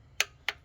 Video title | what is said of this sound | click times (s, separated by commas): ve oil change and sub | Now it's just normally you want to hear 3 clicks. 1, 2, | 0.2 s, 0.5 s